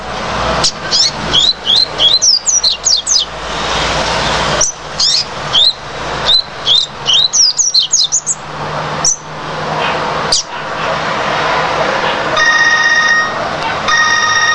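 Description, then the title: Double-collared seedeater song: rapid strings of sharp whistled slurs in bursts, followed near the end by a steady electronic-sounding tone. "Canto Coleiro"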